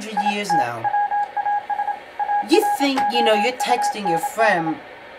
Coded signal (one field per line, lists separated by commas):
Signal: Morse code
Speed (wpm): 26 wpm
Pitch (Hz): 820 Hz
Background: speech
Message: IT WAS AROUND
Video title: The Importance of Shortwave Radio